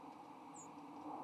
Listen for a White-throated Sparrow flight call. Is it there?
no